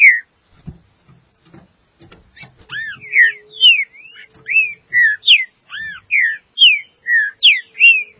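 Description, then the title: Green-winged saltator delivering a steady run of loud, clear whistled notes, each a quick rising or falling slur, after a few opening clicks. "Trinca Ferro"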